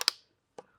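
A winch control box (remote receiver) plug is fitted into its socket on the winch and locks into place with a sharp click at 0.1 s. A softer click comes just before it, and a duller knock follows at about 0.6 s.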